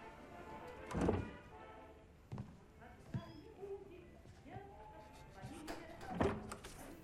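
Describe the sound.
A door shuts with a heavy, dull thunk as a man hesitantly walks out, then a second solid knock follows a few seconds later, while soft murmuring voices and light shuffling fill the gaps between them.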